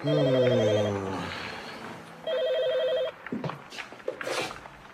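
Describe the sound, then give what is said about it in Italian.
Montalbano's telephone rings at home late at night, twice with a warbling electronic trill, each burst under a second long, separated by a pause, followed by faint rustling and a soft voice-like murmur. “Rimase incerto tra l'ultimo libro di Tabucchi e un romanzo di Simenon quando squillò il telefono.”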